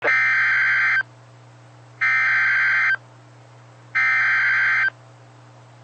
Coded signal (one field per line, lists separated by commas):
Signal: Emergency Alert System (SAME) tones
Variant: header bursts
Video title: Severe Thunderstorm Warning (Fremont and Natrona Counties, WY) (7/30/25) [EAS #190]